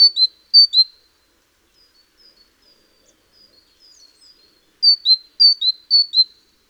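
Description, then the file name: Great tit singing a clear two-note see-saw phrase twice, a quiet stretch with faint soft notes, then three more high-low phrases in quick succession. "Parus major"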